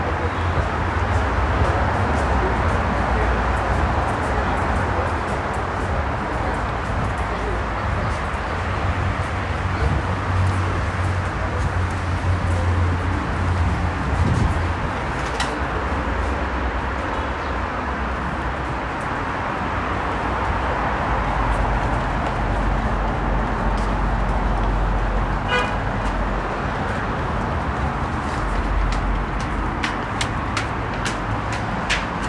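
A ride on a city bus in Dubai, filled with a steady, heavy engine rumble and a constant wash of road noise. Faint voices murmur underneath, and sharp clicks and rattles break through around the middle and near the end.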